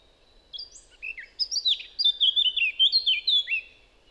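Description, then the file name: Eurasian blackcap song, a hesitant chattering start swelling into loud, rapid, clear whistled phrases lasting about two seconds. "Sylvia atricapilla"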